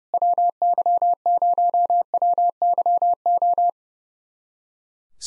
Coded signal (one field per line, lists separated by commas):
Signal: Morse code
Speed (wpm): 30 wpm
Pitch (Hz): 700 Hz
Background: none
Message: WY0WYO